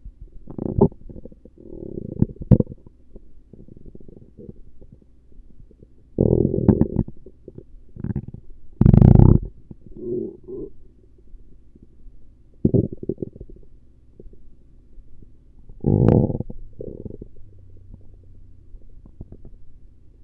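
Stomach rumbling and gurgling bowel sounds from an adult abdomen: irregular low-pitched bursts of gurgles and rumbles, separated by quieter stretches.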